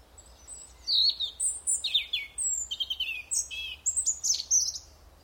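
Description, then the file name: European robin delivering a lively phrase of varied high whistles, slurred notes and quick trills, each element slightly different. "Erithacus rubecula"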